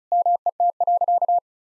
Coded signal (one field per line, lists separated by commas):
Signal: Morse code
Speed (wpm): 36 wpm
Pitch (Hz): 700 Hz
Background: none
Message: MET.